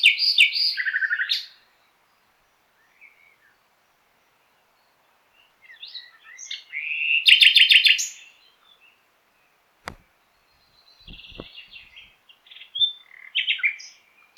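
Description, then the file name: Common nightingale singing varied phrases with long pauses: a rich trill, then a buzzy rapid burst, and later softer chattering notes; a few faint clicks between phrases. "Luscinia megarhynchos"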